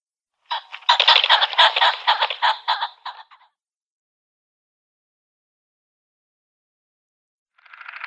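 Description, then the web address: Ring-necked pheasant giving a burst of rapid, rattling, clucking notes for about three seconds, then silence before another rough burst starts. Male. "Schulze Peter Ring-necked Pheasant male calls"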